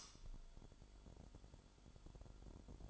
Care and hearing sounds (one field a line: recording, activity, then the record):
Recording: daily activity, microphone in the room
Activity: light on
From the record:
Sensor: 5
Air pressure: 1008.0 hPa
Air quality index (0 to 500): 102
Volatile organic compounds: 1 ppm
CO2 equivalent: 797 ppm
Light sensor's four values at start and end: 30/69/28/27 and 30/71/28/28